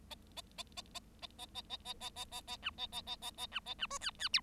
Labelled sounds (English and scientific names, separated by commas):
Bengalese Finch (Lonchura striata domestica) song